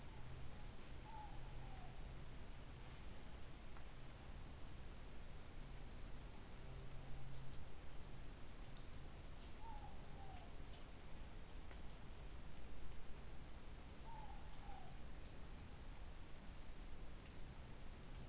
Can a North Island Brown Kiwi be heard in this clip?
no